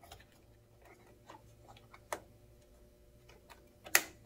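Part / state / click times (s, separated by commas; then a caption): memory module into desktop motherboard DIMM slot / partly seated / 3.9 s. A memory module is pressed carefully into a DIMM slot on an HP Envy TE01 desktop motherboard, without pushing too hard so nothing breaks or jams, and faint ticks and a sharper snap near 2.1 s lead up to a loud, crisp click at 4.0 s. That click is the right-side white retention clip closing, but the left clip has not latched yet, so the RAM stick is seated on one side only.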